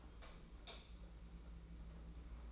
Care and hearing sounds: daily activity, microphone in the room; light off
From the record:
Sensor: 1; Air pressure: 991.9 hPa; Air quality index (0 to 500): 210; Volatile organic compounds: 1000 ppm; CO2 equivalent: 8135 ppm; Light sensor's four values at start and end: 12/32/13/14 and 10/22/9/10

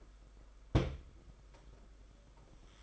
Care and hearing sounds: daily activity, microphone in the room; place on stove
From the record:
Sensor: 5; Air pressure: 991.2 hPa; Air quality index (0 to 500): 91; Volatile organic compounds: 11 ppm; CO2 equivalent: 2291 ppm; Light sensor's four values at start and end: 33/105/40/43 and 32/101/39/42

